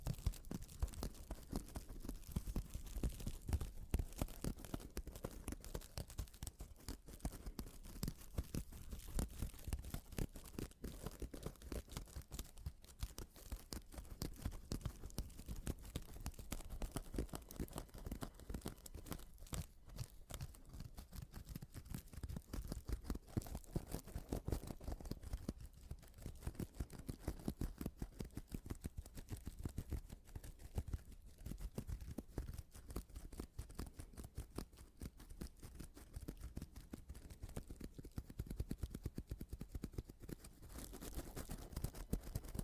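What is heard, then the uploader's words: Small, rapid scratching runs without a break for the whole clip, a dense stream of short scrapes with a brushing, rasping texture. The sound stays mostly low and dull with a faint hiss on top, and its level holds steady throughout. ASMR Mini Scratching (NO TALKING).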